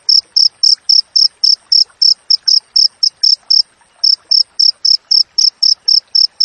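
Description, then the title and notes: Cricket with a brisk train of high, clean chirps and a brief pause midway before continuing. Clear, natural cricket chirping with close spacing between chirps, offered as a master recording for training songbirds and for driving away rats. "Masteran Jangkrik Alam Jernih, Jeda Rapat Cocok Untuk Masteran Burung Dan Mengusir Tikus. suara jangkrik"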